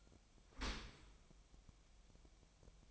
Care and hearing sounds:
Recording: daily activity, microphone in the room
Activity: open dishwasher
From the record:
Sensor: 1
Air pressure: 1006.8 hPa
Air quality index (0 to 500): 208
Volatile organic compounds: 24 ppm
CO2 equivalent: 2807 ppm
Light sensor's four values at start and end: 12/31/12/14 and 12/31/12/13

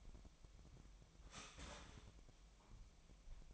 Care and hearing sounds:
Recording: daily activity, microphone in the room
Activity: start toaster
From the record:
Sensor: 1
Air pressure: 1001.9 hPa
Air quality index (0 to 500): 239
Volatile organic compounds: 43 ppm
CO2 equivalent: 3201 ppm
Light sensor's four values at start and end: 10/36/13/15 and 11/36/13/15

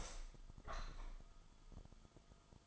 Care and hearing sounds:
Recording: daily activity, microphone in the room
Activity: open window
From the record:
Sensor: 5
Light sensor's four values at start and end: 34/79/32/31 and 34/79/32/31

